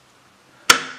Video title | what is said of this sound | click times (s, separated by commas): Геймерское кресло Chairman Geme. Распаковка и пошаговая сборка. | hole, insert it and it snaps into place, puts it on, they | 0.7 s